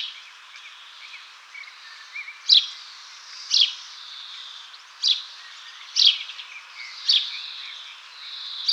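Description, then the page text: House sparrow calls, a handful of emphatic chirps spaced about a second apart, with faint twittering beneath. "House Sparrow Call - Quick Sounds"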